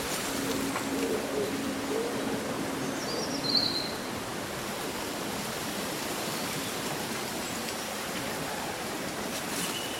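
Leaves rustle steadily through the whole ten seconds, a dense, even hiss with no pauses. A single bird call rises briefly around the three-and-a-half second mark, and a low steady hum runs underneath during the first half.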